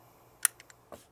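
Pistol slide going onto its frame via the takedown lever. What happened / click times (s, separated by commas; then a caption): A metal part snapped and locked into place / 0.4 s. A Springfield Hellcat Pro pistol slide is placed back on its frame and the takedown lever is rotated to lock it, giving a sharp metallic click at 0.5 s. Fainter ticks follow at 0.6 s and 0.7 s, then a duller knock at 0.9 s. The slide is locked onto the pistol frame.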